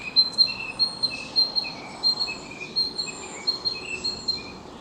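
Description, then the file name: Narcissus flycatcher song of quick clear whistled notes, phrases following one another in rapid, somewhat uneven succession over a soft rushing background. Recorded on 9 May 2021. "20210509 キビタキ"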